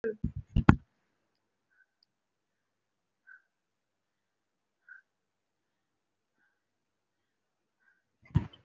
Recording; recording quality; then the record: shallow breathing; excellent, no background noise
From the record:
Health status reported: respiratory illness, not identified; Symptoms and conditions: cough, breathing difficulty, asthma, another respiratory illness, hypertension, another condition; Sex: female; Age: 42 years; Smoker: no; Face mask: worn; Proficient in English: no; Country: India